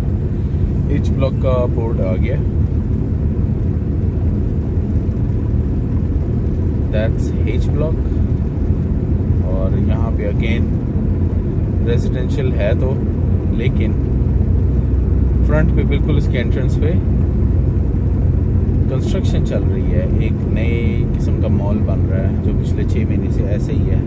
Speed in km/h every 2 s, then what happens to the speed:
24, 25, 25, 26, 27, 27, 27, 28, 28, 28, 28, 28.
0-24 steady at about 27.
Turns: none.